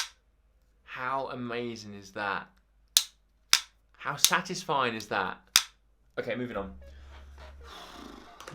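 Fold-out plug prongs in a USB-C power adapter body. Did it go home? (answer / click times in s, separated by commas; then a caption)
yes / 3.0 s, 3.5 s. Someone talks while pulling down the fold-out metal prongs of a new USB-C power adapter that comes with a 2021 iPad Pro M1. Two sharp plastic-and-metal clicks ring out at 3.0 s and 3.5 s as the prongs snap into their locked position, and the talking continues afterwards.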